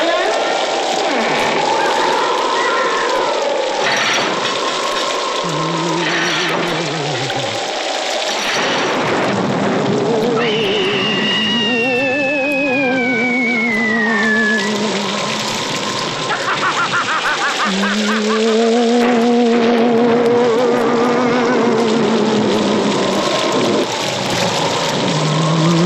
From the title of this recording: Chilling, Thrilling Sounds of the Haunted House